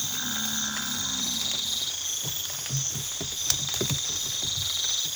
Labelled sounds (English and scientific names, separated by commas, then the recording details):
none
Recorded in pastures near Puerto Asís, Putumayo, Colombia, on 8 March 2025 at 04:30
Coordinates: 0.487, -76.322
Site G077